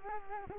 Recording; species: mosquito wingbeat signal from an infrared sensor; Culex quinquefasciatus